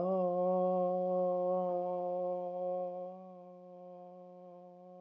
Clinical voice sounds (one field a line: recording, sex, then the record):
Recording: sustained vowel /o/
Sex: female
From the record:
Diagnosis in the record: healthy control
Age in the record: 63 years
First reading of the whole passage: 70 s, 6.7 characters per second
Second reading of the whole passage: 71 s, 6.6 characters per second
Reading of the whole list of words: 45 s, 6.3 characters per second